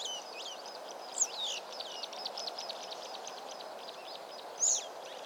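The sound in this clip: Black saw-wing twittering: a steady run of thin, high chirps throughout, with two louder, sharper notes near one and four and a half seconds.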